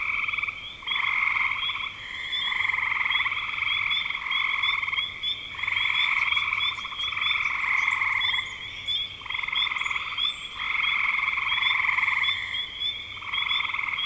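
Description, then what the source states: A frog chorus of fast pulsed trills in clear bursts separated by short gaps, many animals calling at once. Recorded in spring 2025.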